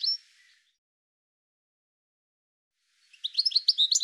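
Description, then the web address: Bird chirps: a brief high note at the start, then silence, then a fast string of sharp, high chirps near the end. "cianscape birddata Deverinetal 2025 File cleaned normalized Bird"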